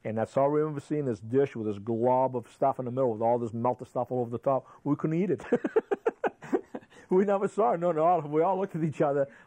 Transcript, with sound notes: And that's all I remember seeing, this dish with this glob of stuff in the middle with all this melted stuff all over the top. We couldn't eat it. [laughs] We never saw it. No — we all looked at each other.